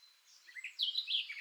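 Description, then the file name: Eurasian blackcap giving a brief, quick warbling phrase of bright chirping notes that grows louder and fuller halfway through, with faint high background hiss. "Sylvia atricapilla"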